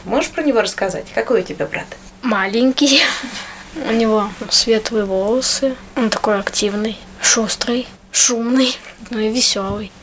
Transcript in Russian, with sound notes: Можешь про него рассказать? Какой у тебя брат?
Маленький! (Смеется) У него светлые волосы, он такой активный, шустрый, шумный, ну и веселый.